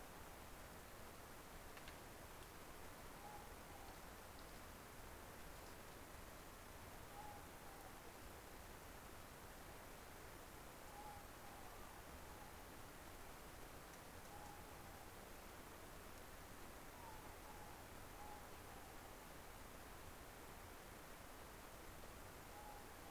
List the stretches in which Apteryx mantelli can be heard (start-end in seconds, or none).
none